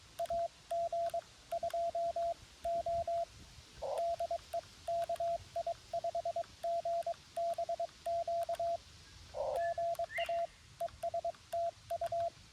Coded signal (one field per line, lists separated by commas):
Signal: Morse code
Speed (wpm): 22 wpm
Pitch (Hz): 690 Hz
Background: radio noise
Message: AG2O DE KI5GBQ GA ES TU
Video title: Wednesday Afternoon Morse Code POTA Activation